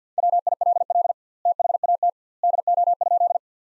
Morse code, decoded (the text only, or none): WILL THAT DO?